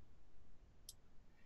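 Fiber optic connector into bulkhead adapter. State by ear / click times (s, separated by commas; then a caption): seated / 0.9 s. A fiber optic connector that only looked plugged in is pushed fully into its bulkhead adapter over a low, steady background hiss. A single short, sharp click with bright high-frequency content sounds at 0.9 s as it latches. The connector is seated and the physical connection is made.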